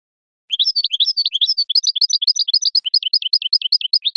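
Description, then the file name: European goldfinch song, a continuous lively stream of high tinkling twitters and chirps delivered rapidly without a break. "audio burung goldfinch"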